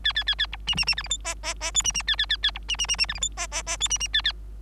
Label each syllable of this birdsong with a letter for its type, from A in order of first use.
A A A A B C C C D E F G G G H C C A A A A B C C C C D E F G G G H C C A A